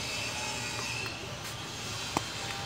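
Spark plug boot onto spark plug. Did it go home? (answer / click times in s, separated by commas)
yes / 2.2 s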